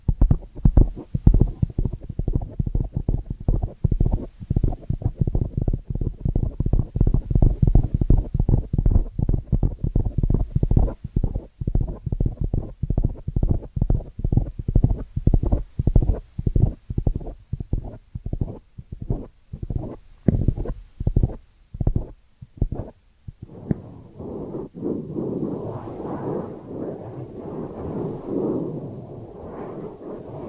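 Ear cleaning triggers: a dense run of rapid, muffled crackles and pops with a deep, rumbling low end, ticking along quickly for most of the clip. After about 24 seconds the popping thins out into a softer, steadier rustling scrape.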